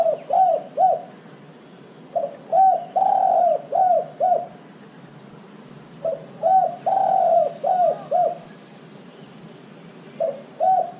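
Dove giving repeated cooing phrases of short falling hoots around one long coo, recurring roughly every three to four seconds.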